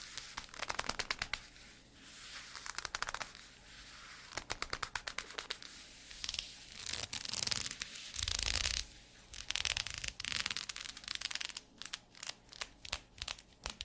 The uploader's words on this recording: TimASMR-ASMR Doing Your Squeaky Leather Requests (NO TALKING).